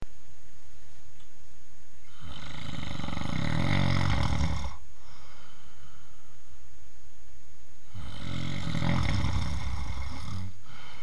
Deep sleep man snoring.